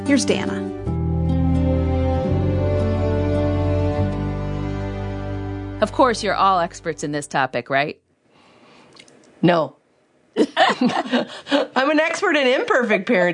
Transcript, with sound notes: Here’s Dannah.
Of course, you’re all experts in this topic, right? (laughter)
I’m an expert in imperfect parenting.